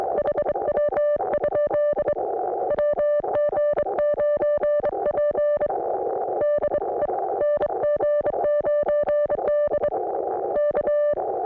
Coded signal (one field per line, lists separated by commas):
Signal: Morse code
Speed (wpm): 24 wpm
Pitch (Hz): 590 Hz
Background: none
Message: HW? WG9P DE NG9D K